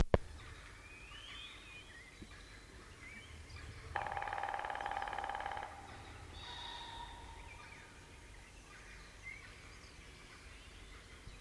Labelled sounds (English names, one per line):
Grey-headed Woodpecker drumming